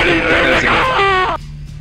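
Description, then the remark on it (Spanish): The video game character Raiden lets out a loud, strained battle cry, one sustained shout with rising and wavering pitch that cuts off abruptly, leaving a low steady hum. “Es sencillamente un grito de guerra.”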